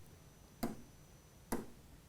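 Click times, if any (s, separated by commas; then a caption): 0.6 s, 1.5 s. A thin kit screwdriver backs a screw in the screw terminal block on a Turnigy Fabrikator 3D printer board all the way out. Two short, sharp clicks sound at 0.6 s and 1.5 s as the fully unthreaded screw drops back. The screw is released, opening the terminal hole for inserting wires.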